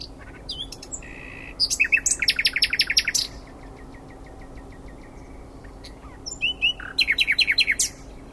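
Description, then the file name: Common nightingale song in two phrases, each whistles leading into a fast series of loud repeated notes, separated by a quiet gap of several seconds. "Luscinia megarhynchos"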